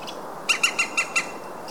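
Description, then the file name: European green woodpecker calling five sharp, loud notes in quick succession over a soft hiss. "zold kullo hangja"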